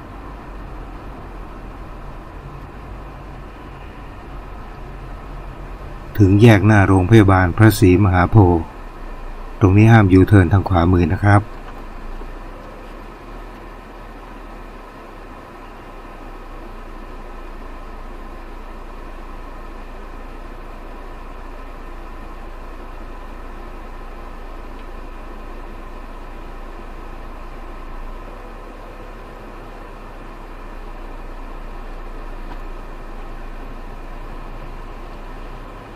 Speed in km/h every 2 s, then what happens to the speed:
30, 23, 19, 10, 0, 0, 0, 0, 0, 0, 0, 0, 0, 0, 0, 0, 0, 0.
0-8 brakes to 0. 8-36 standing.